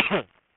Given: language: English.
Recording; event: throat vibration sensor signal played as sound; cough